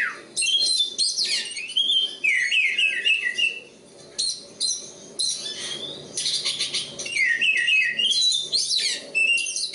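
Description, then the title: Oriental magpie-robin singing almost continuously: rapid phrases of sweet whistles, downslurred notes and scratchy trills with only brief pauses. Kacer Poci, national champion competition bird; singing gacor, with nembak and ngerol; seven kinds of kacer sound every three minutes. "Kacer Poci Gacor Nembak Dan Ngerol Juara Nasional. 7 macam suara kacer setiap 3 menit"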